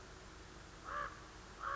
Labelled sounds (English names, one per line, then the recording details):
Common Raven
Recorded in Sonoma County, California